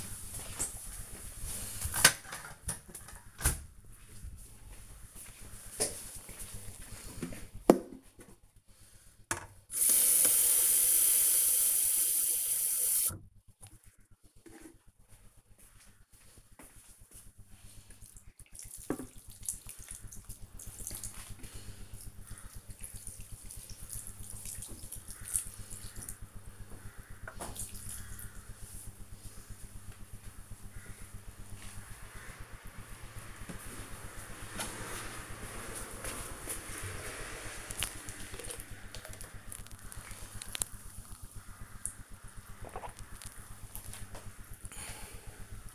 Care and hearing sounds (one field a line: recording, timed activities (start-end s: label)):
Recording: household activities, microphone on the right wrist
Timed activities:
8.23-31.37 s: watering plant
38.40-45.74 s: drinking